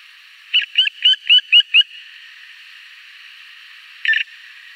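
Black woodpecker calls: a quick run of six sharp, ringing notes over about a second and a half, then a single note after a pause.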